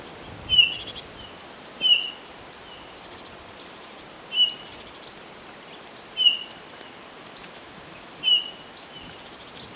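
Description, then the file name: Eurasian bullfinch calling with soft, mellow piped notes, repeated several times against a steady hiss of background noise. "Pyrrhula pyrrhula"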